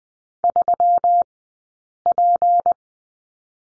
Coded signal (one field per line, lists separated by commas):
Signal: Morse code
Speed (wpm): 20 wpm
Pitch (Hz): 700 Hz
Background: none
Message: 3P